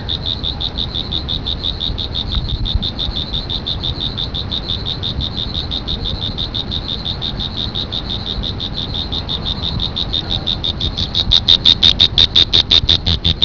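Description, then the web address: Cricket chirping in a steady high pulsed trill, about three pulses a second, softer at first and growing sharper and louder toward the end. "特酷声音素材库 动物 昆虫 蟋蟀"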